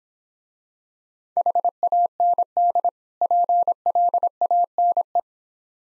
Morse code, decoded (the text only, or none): HAND PLANE